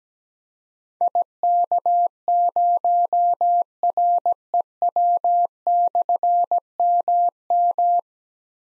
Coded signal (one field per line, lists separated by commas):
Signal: Morse code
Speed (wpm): 17 wpm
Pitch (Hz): 700 Hz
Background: none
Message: IK0REW/MM